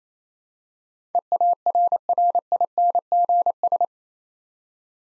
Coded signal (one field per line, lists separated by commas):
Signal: Morse code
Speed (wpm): 28 wpm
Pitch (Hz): 700 Hz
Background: none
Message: EARRINGS